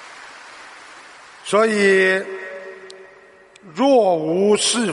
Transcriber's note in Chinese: 掌声